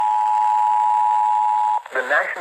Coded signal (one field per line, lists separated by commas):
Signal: Emergency Alert System (SAME) tones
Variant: 853 and 960 Hz attention tone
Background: speech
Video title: (EAS #564) Severe Thunderstorm Warning WKVG 94.5 4/10/25